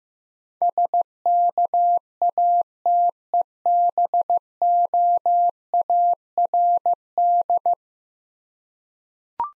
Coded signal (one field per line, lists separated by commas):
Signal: Morse code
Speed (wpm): 15 wpm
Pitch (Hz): 700 Hz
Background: none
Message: SKATEBOARD